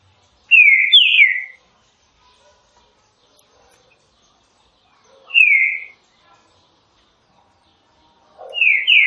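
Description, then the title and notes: Green-winged saltator gives short whistled phrases of one or two notes, separated by several seconds of near silence. Classic song style (canto clássico) of the green-winged saltator, presented as a training recording. "Canto Clássico Trinca Ferro TREINAMENTO. trinca fero"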